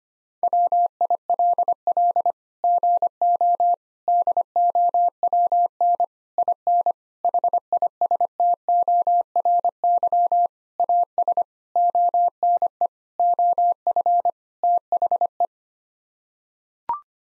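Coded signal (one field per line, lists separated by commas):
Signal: Morse code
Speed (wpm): 25 wpm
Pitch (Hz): 700 Hz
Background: none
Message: WILL GO DOWN IN HISTORY AS ONE OF THE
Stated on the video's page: Morse head-copy drill of common nine-word English groups at 25 wpm.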